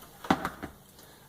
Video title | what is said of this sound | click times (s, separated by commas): Glenfield model 60: Assembling the action | and I just use the side of the plier or screwdriver to slide it in there. You can hear it click. | 0.3 s